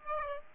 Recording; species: mosquito wingbeat signal from an infrared sensor; Aedes aegypti